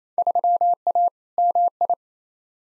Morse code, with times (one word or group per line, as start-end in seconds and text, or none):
0.2-1.1 3A
1.4-1.9 MI